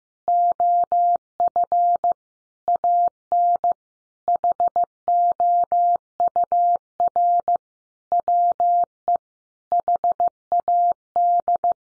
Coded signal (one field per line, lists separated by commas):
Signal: Morse code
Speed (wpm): 15 wpm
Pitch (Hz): 700 Hz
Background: none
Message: OF AN HOUR WE HAD